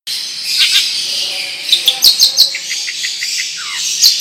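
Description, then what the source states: Long-tailed shrike song, a dense high chattering warble with quick bright notes, a run of several clear chirps midway and a soft descending slur near the end. Song in the Indonesian 'ngerol panjang' style, a long continuous rolling song; bird described as gacor, singing profusely.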